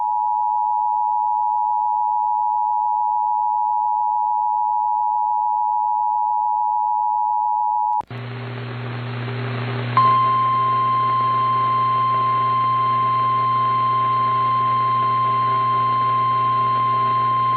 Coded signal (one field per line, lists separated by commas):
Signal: Emergency Alert System (SAME) tones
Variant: 853 and 960 Hz attention tone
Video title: It Still Won't End | EAS Alerts from 8/29/2022 (EAS #1486-1499)